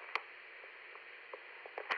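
A steady, band-limited hiss of static from a walkie-talkie speaker runs throughout, broken by faint scattered crackles and two sharper pops near the start and end. There are no voices.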